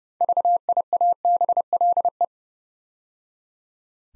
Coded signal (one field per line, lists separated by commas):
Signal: Morse code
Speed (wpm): 30 wpm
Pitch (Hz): 700 Hz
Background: none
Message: VIABLE